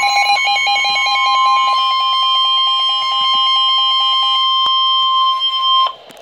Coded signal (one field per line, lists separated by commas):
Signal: Emergency Alert System (SAME) tones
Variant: 1050 Hz attention tone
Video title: Severe thunderstorm warning (EAS #68)